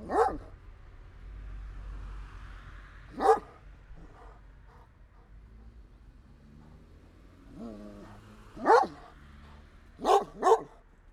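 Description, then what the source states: Dog barking in scattered single and double barks, with a drawn-out whine shortly before the last barks, over a low rumbling background hum. Dogs barking amid street noise.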